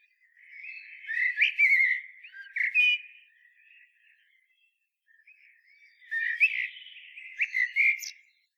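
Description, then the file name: Common blackbird with two warbled song phrases, mellow whistles mixed with thin high chittering, separated by a brief pause. "Turdus merula"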